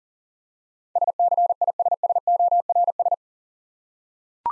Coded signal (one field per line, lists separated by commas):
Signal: Morse code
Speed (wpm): 39 wpm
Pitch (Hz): 700 Hz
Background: none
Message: SCISSORS